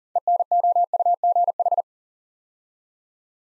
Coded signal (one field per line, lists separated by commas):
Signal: Morse code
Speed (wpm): 38 wpm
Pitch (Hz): 700 Hz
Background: none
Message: ENOUGH